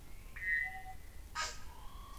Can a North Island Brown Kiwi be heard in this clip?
no